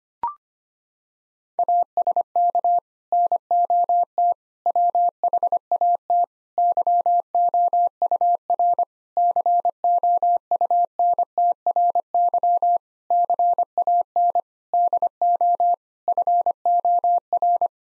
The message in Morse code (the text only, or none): ASK NOT WHAT YOUR COUNTRY CAN DO FOR